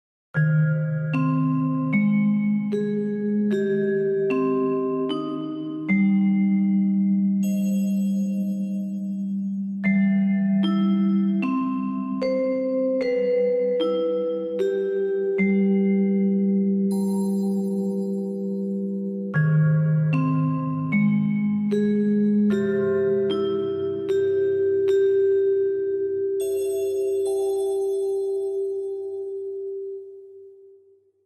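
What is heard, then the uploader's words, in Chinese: An opening chime like the one heard before a performance: a sequence of bell-like tones, each struck and left ringing, stepping through a short melody. The phrase plays through twice, around 0 and 19 seconds, with tones overlapping as they sustain, and fades out at the end. 每次演出开场前都能听到的开场铃声。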